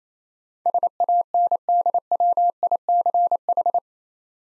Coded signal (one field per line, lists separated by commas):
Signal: Morse code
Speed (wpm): 27 wpm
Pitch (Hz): 700 Hz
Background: none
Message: SANDWICH